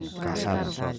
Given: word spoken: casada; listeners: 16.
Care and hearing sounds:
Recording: one Spanish word in noise, from a listening test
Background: four-talker babble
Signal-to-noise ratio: -1.6 dB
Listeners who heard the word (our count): 1 of 16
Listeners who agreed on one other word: 6 of 16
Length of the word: 0.59 s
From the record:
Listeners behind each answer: 6, 6, 2, 1, 1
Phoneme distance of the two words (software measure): 27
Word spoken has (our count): 3 syllables, 6 phonemes, stress on syllable 2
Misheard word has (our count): 3 syllables, 7 phonemes, stress on syllable 2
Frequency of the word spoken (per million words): 10.99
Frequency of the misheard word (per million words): 13.46

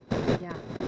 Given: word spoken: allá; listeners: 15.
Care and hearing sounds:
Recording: one Spanish word in noise, from a listening test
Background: noise modulated by one talker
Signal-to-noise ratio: -12.0 dB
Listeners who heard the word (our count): 0 of 15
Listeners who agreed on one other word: 12 of 15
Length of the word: 0.48 s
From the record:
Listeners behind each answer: 12, 1, 1, 1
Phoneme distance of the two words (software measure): 21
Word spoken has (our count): 2 syllables, 3 phonemes, stress on syllable 2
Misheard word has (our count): 1 syllable, 2 phonemes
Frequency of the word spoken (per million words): 151.77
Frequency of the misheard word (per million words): 1797.19

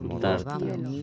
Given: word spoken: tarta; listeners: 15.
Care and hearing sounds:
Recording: one Spanish word in noise, from a listening test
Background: four-talker babble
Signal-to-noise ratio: -1.0 dB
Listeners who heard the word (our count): 0 of 15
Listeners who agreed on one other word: 11 of 15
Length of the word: 0.62 s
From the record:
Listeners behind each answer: 11, 1, 1, 1, 1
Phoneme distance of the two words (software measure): 35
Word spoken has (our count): 2 syllables, 5 phonemes, stress on syllable 1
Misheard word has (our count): 2 syllables, 6 phonemes, stress on syllable 2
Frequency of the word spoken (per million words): 4.71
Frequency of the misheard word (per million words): 14.58

